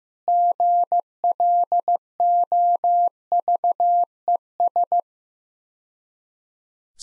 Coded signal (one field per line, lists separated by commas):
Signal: Morse code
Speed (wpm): 15 wpm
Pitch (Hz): 700 Hz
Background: none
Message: GLOVES